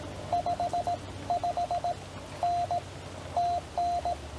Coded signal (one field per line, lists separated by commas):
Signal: Morse code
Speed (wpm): 18 wpm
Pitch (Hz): 700 Hz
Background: none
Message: 55N TN